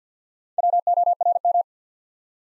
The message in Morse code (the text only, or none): WORM